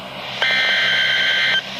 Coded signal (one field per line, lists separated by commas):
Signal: Emergency Alert System (SAME) tones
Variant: header bursts